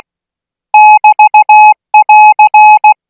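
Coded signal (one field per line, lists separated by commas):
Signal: Morse code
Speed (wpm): 16 wpm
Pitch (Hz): 850 Hz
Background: music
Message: <BT><AR>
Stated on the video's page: Thai Morse code at 20 words per minute.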